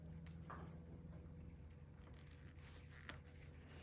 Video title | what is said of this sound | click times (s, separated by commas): All Balled Up A Shrink plastic bead ,ball chain necklace tutorial | There, it's snapped into place, and we're using the Tinker's Dam. | 3.1 s